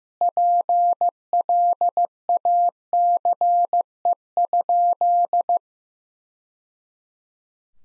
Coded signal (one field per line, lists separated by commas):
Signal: Morse code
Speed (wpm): 16 wpm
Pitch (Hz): 700 Hz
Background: none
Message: PLACE?